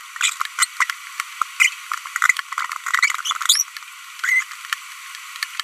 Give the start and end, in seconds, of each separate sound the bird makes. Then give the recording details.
0.21-0.32, 0.59-0.65, 0.81-0.84, 1.60-1.69, 3.26-3.37, 3.41-3.62, 4.24-4.43. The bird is a female. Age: 25 days. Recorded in a nest box in Venezuela. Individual 17B42B1